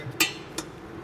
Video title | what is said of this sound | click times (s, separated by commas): How to replace Toyota Corolla Drum Brake Shoes step by step. | But you hear the click. I just got one click. | 0.6 s